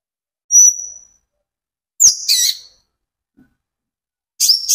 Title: KOLIBRI NINJA KONIN IJOAN GACOR UNTUK PANCINGAN TERAPI KONIN